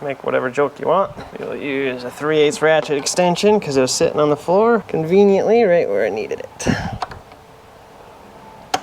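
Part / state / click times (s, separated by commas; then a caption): MAP sensor into engine intake manifold / seated / 8.7 s. A MAP sensor on a Jeep WJ 4.7L engine is pushed into its hard-to-reach port on the intake manifold with a 3/8 ratchet extension. Someone talks, then a few faint knocks follow around 7.0–7.3 s. A sharp click at 8.7 s marks the sensor snapping into place, seated.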